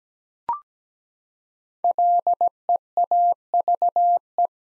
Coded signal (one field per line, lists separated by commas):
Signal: Morse code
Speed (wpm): 17 wpm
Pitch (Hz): 700 Hz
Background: none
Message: LEAVE